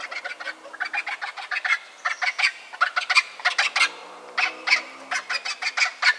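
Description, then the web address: Vulture chattering, harsh rapid bursts of raspy pulses in quick runs, pausing briefly between runs, continuing throughout. "animal-sound vulture-sound"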